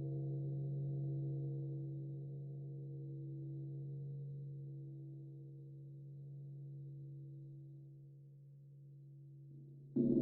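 Gongs hum in a long, steady low drone, with a strong deep tone and a few higher overtones holding almost unchanged as the sound slowly swells and eases. Just before the end, around ten seconds, a new sharp strike cuts in, brighter and louder.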